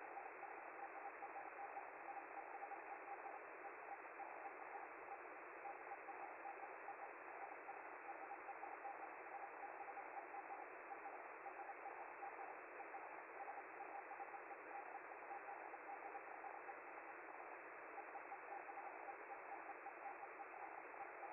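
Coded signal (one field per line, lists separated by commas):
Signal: Hellschreiber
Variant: Feld-Hell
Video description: With the FLDigi program I'm quickly sending a short message on the 10m band and receive it locally with a KiwiSDR receiver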